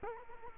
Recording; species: mosquito wingbeat signal from an infrared sensor; Culex quinquefasciatus